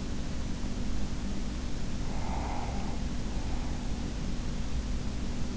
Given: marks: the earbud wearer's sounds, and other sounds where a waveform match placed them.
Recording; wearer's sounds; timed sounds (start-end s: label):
sounds in sleep by an in-ear microphone; breath
2.15-4.34 s: breath